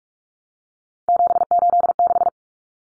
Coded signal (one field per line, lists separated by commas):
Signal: Morse code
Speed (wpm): 44 wpm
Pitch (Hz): 700 Hz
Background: none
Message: 786